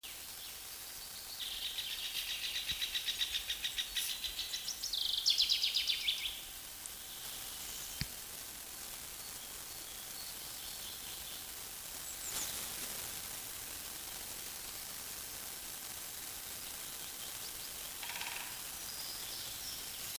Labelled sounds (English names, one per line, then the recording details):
Great Spotted Woodpecker drumming
Common Chaffinch
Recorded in the wild
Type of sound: call, drumming
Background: Parus caeruleus, Fringilla coelebs
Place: Schildow, NSG, Kalktuffgelände am Tegeler Fließ (NSG Schildow), Berlin, DE
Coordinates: 52.64, 13.39
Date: 1999-04-04 13:30
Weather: heiter, 16°C
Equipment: Sony MD-WM MZ-R3, Sennheiser MKH 416 T, Kopie Uher 4000 Report Monitor
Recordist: Tembrock, Günter
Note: 1:24 - 5:51 min)